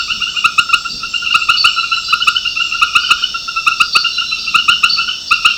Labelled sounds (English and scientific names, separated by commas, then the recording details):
none
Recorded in secondary vegetation near Puerto Asís, Putumayo, Colombia, on 13 March 2025 at 21:30
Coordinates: 0.498, -76.327
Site G001